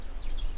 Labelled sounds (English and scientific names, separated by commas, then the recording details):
Stitchbird (Notiomystis cincta) song
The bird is a male
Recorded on Tiritiri Matangi Island, New Zealand, in 2005
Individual 2, of nest box 2